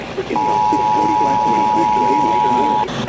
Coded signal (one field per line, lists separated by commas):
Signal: Emergency Alert System (SAME) tones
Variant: 853 and 960 Hz attention tone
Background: speech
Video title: tor on 8 stations (8/1/22) EAS 1316-1323